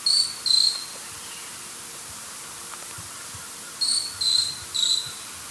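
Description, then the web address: Short-tailed pygmy tyrant call: a pair of brief, high, insect-like whistled notes, a pause of about three seconds, then three more, over constant hiss. South America, eastern lowlands. "Natures Songs S America Eastern Lowlands. Myiornis ecaudatus, calls or song"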